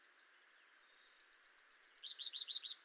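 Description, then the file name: Eurasian wren song, a fast high trill running into a series of quick dropping notes, over a soft continuous background hum. "Troglodytes troglodytes"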